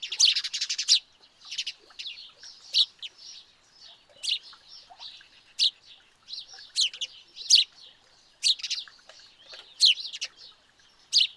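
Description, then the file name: House sparrow calls: a rapid chattering burst at the start, then repeated single loud chirps with soft twittering in between. "Passer domesticus"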